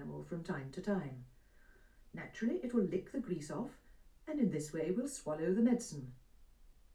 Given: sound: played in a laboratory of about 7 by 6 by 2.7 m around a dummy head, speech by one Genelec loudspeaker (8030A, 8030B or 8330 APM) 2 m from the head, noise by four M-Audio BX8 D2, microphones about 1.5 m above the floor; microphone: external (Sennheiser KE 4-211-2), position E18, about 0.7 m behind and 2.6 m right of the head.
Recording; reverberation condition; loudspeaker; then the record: female speech in English; low; 150 degrees to the left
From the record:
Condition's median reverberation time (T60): about 310 ms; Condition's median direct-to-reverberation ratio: about 3.5 dB